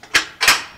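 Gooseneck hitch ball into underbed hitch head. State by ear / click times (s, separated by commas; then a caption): seated / 0.4 s. A steel turnover gooseneck ball on a B&W underbed gooseneck hitch (part BWGNRK1057) is dropped upside down into the underbed hitch socket for storage and twisted, then the spring-loaded release handle is let go so the locking pin engages. A bright, sharp clack sounds near 0.2 s, followed by a louder, longer snap at 0.4 s that rings out and fades. The locking pin snaps into place at 0.4 s, and the ball is locked in its stored position.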